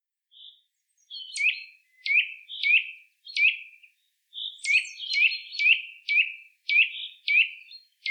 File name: Sitta europaea